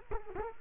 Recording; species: mosquito wingbeat signal from an infrared sensor; Culex quinquefasciatus